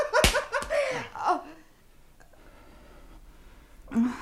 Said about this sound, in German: Entschuldigen Sie die Ohrfeige. Nein, nein. Nein, das war ganz richtig,